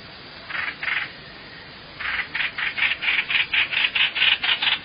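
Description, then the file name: Hoành hoạch bird calling: two grating notes, a pause, then a steady run of rapidly repeated scratchy, rasping notes. "tieng chim hoanh hoach"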